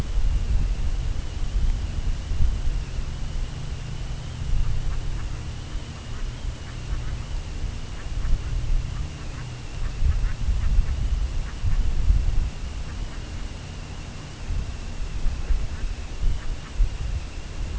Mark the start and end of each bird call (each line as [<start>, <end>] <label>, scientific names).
[4.55, 5.32] Branta bernicla
[5.61, 6.26] Branta bernicla
[6.57, 7.21] Branta bernicla
[7.87, 8.57] Branta bernicla
[8.87, 10.99] Branta bernicla
[11.30, 11.88] Branta bernicla
[12.80, 13.26] Branta bernicla
[15.35, 15.87] Branta bernicla
[16.29, 16.77] Branta bernicla